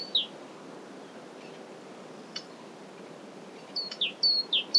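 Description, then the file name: Great tit giving a single high-low note pair, then a long quiet gap with faint clicks, before a few more quick two-note phrases at the end. "Parus major"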